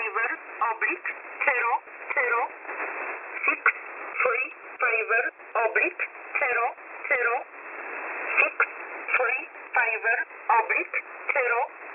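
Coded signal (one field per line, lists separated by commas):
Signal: numbers station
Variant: E11 Oblique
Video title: E11 Oblique 01/11/2022 0715 UTC 9130kHz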